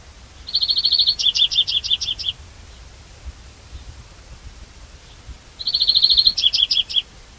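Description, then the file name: European greenfinch calling twice, each a rapid even trill followed by a string of sharper chirped notes, about five seconds apart. "Chloris chloris"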